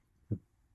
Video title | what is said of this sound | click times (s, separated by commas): How to Change Rear Wiper Blade | and then I'll slide it this way until it clicks | 0.3 s